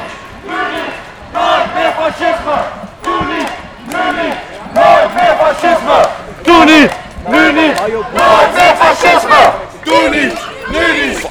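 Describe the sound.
A loud, angry crowd at a protest against the Palestinian genocide, aimed at a CIDI event on 18 May 2025, shouts in overlapping bursts, many voices yelling and chanting in rough rhythmic waves with short dips between outbursts.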